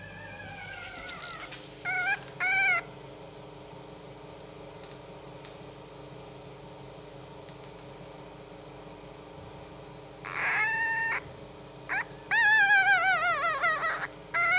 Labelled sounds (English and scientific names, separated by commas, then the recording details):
Red Fox (Vulpes vulpes)
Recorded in captivity
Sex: diverse
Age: diverse
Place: Zoologisches Institut der HUB, Berlin, DE
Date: 1956-05-04 13:30
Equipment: Elmetra
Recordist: Tembrock, Günter
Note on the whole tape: Molly-Welpen: Männchen (im Raum): Quärren, Tremolo; Jupp: Muffen ohne Fleisch bei Anblick eines Welpen; Molly: Muffen ohne Fleisch bei Anblick eines Welpen; Molly-Welpe (Weibchen): Quärren